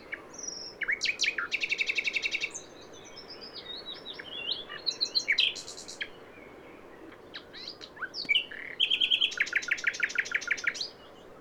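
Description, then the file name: Common nightingale song: varied phrases of rapid rattling trills, sharp chips and short whistles, with bursts of fast repeated notes separated by brief gaps. "Luscinia megarhynchos"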